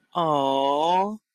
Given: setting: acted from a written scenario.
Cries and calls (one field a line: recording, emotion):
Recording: vocal sound without words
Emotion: adoration